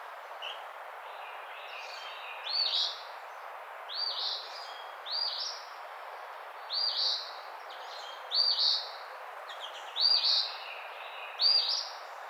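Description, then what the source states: Eastern phoebe repeating short raspy two-part phrases, about one every one to two seconds, softer at first and then stronger, with constant hiss. Recorded 16 June 2009.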